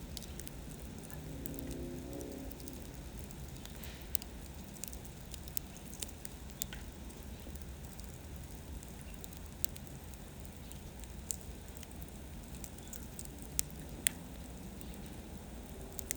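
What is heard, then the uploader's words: A campfire crackles in a backyard, with sharp pops scattered irregularly throughout, a few louder snaps standing out near four, nine, thirteen and fifteen seconds. Underneath runs a steady low rumble with a faint hum, and the level stays fairly even. Backyard sounds with a fire in Phoenix Arizona | Wind sounds | Camp fire | Wood burning. Crackling campfire.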